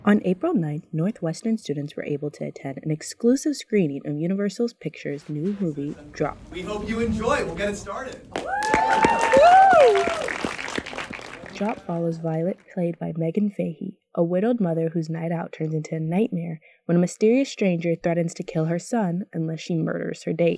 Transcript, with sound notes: On April 9th Northwestern students were able to attend an exclusive screening of Universal Pictures’ new movie Drop. [nat sound of introducing the movie] We hope you enjoy, and lets get it started [crowd cheers] Drop follows Violet played by Meghann Fahy, a widowed mother whose night out turns into a nightmare when a mysterious stranger threatens to kill her son unless she murders her date.